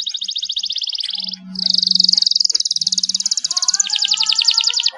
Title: Canto Para Esquentar Canário Belga. CUITAN KENARI MERANGSANG BUNYI KENARI PAUD. PANCINGAN KENARI AGAR GACOR